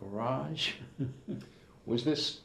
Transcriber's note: chuckles